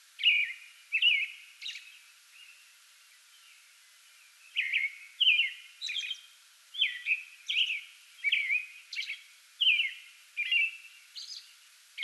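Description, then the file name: American robin singing whistled phrases, then a pause of about two seconds, then a renewed series of caroling notes with thin high squeaks. Singing before dawn from a small tree in a front yard, 8 May 2022. "2022-05-08 American Robin pre-dawn singing from small tree in front yard"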